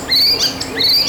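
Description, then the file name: Icterine warbler song fragment: two high, drawn-out whistled notes with short squeaky flourishes, over a faint low hum. Recorded at Siljansnäs, Sweden. "Härmsångare Siljansnäs"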